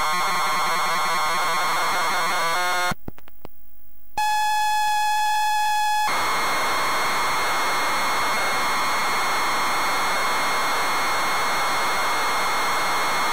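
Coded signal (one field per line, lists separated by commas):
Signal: ZX Spectrum tape loading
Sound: warbling noise, a loud buzzy burst, a steady two-second lead tone, then long harsh data screech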